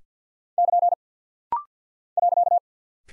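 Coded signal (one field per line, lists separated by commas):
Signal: Morse code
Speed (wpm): 48 wpm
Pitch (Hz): 700 Hz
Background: none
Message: <KN> .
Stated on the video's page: Rapid-fire Morse drill of punctuation and prosign characters at 50 wpm, each sent twice, for instant character recognition.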